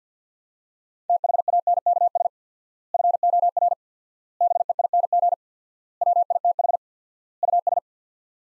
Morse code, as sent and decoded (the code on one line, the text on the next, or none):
- .... .- -. -.- ... / ..-. --- .-. / -... . .. -. --. / .-- .. - .... / ..- ...
THANKS FOR BEING WITH US